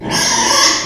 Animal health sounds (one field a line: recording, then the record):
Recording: squeal of a Yucatan mini pig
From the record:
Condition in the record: before surgery on the right vocal fold (resection and tissue-engineered implant)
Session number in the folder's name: 2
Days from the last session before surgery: 0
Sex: male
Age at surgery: 12 weeks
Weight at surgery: 13 kg